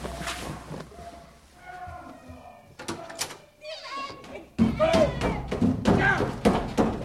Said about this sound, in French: Un agent est arrivé avec le locataire du deuxième qui est plombier. Il a frappé à la porte.